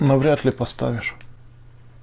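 A memory card is handled at the card slot of a battery-powered ICSEE XMEYE security camera before the camera is switched on. Someone talks for about the first second, then only a faint low hum remains. Nothing has seated or clicked yet.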